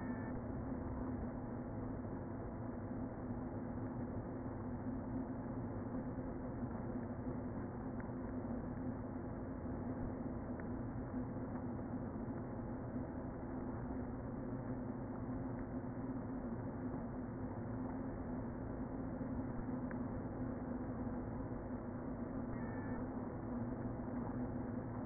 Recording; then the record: honeybee colony, microphone inside the hive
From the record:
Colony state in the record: queen present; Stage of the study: before two queens were removed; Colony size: about 60,000 bees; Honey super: yes